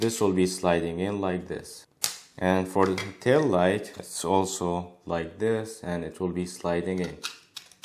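A black PLA test-print 3D-printed tail light insert is being slid into its slot in a stainless steel custom body for a 1:43 scale RC drift car; the insert needs no glue. Someone talks through most of the clip, and a few brief, sharp ticks occur near the end at about 7.6, 7.7 and 7.8 seconds. Nothing has seated or clicked yet.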